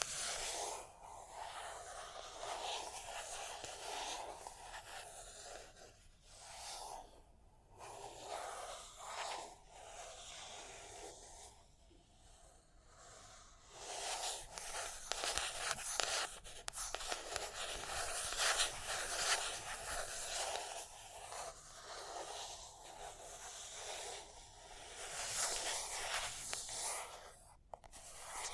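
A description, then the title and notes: Tapping and scratching run almost without pause, a dense, bright, rasping texture peppered with quick sharp taps. The level rises and falls unevenly, with brief near-silent breaks around 7, 12 and 28 seconds before the scraping resumes. Tapping and Scratching (No Talking).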